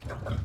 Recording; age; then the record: pig call; growing-finishing pig (85 days or more)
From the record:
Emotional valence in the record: positive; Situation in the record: run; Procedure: transit